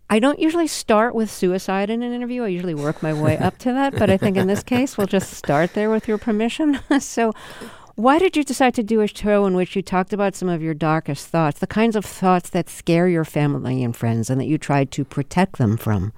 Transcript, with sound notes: I don't usually start with suicide in an interview. I usually work my way up to that. (Laughter) But I think in this case, we'll just start there with your permission. So why did you decide to do a show in which you talked about some of your darkest thoughts, the kinds of thoughts that scare your family and friends and that you tried to protect them from?